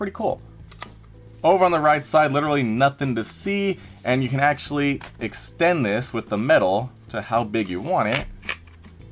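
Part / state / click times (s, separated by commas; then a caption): metal headband extension slider into headset headband arm / seated / 8.5 s. Someone talks while the metal extension slider on the right headband arm of a Turtle Beach Stealth 700 Gen 2 MAX wireless gaming headset is pulled out to size. A sharp click at 8.5 s marks the slider locking into position in the headband arm.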